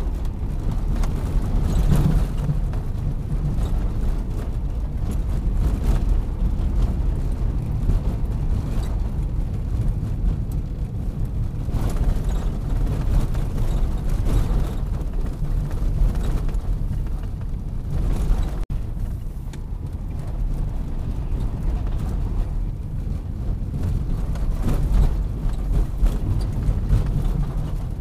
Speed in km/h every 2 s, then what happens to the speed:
35, 40, 43, 46, 49, 49, 47, 40, 35, 31, 33, 35, 35, 36.
0-8 speeds up to 49. 11-17 slows to 31. 17-28 steady at about 35.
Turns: none.